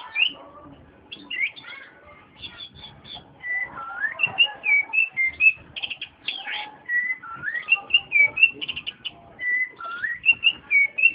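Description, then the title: Oriental magpie-robin song: varied clear whistled phrases, some rising and some falling, delivered in quick succession with brief pauses between them. Chirping song. "Kicau Kacer"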